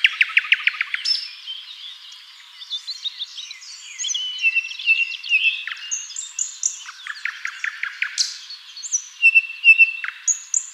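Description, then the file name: Common nightingale song: opens with a fast series of clipped repeated notes, then mixed whistles, chirps and another quick note run. "Luscinia megarhynchos"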